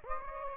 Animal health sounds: mosquito wingbeat signal from an infrared sensor; Anopheles gambiae

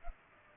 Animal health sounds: mosquito wingbeat signal from an infrared sensor; Culex pipiens

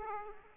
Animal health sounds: mosquito wingbeat signal from an infrared sensor; Aedes aegypti

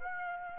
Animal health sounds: mosquito wingbeat signal from an infrared sensor; Aedes aegypti

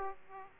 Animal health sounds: mosquito wingbeat signal from an infrared sensor; Aedes aegypti

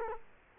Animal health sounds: mosquito wingbeat signal from an infrared sensor; Culex quinquefasciatus

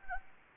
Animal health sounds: mosquito wingbeat signal from an infrared sensor; Anopheles gambiae

